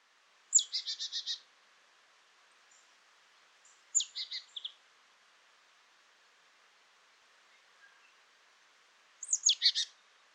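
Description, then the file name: Marsh tit calls: a sharp high note followed by a quick buzzy series of repeated notes, given three times throughout with quiet gaps between. "Poecile palustris"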